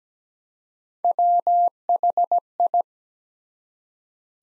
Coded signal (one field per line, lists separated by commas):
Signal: Morse code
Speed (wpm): 17 wpm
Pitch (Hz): 700 Hz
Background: none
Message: WHI